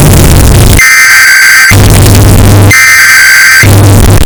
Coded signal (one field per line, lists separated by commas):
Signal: Emergency Alert System (SAME) tones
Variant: header bursts